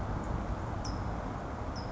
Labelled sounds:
California Towhee
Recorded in Sonoma County, California

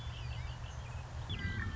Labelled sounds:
Red-winged Blackbird
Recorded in Sonoma County, California

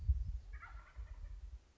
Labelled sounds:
Wild Turkey
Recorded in Sonoma County, California

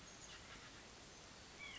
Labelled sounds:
White-breasted Nuthatch
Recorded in Sonoma County, California

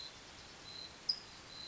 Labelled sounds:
California Towhee
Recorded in Sonoma County, California

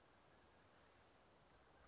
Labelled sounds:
Chestnut-backed Chickadee
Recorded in Sonoma County, California

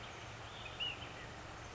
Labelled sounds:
Ash-throated Flycatcher
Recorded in Sonoma County, California

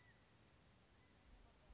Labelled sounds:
California Quail
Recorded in Sonoma County, California

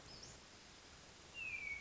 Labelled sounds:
Hermit Thrush
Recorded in Sonoma County, California

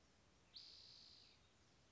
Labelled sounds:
Spotted Towhee
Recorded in Sonoma County, California

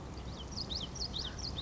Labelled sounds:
Common Yellowthroat
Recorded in Sonoma County, California

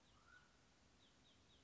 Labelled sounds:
Mountain Quail
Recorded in Sonoma County, California

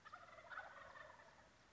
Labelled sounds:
Wild Turkey
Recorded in Sonoma County, California

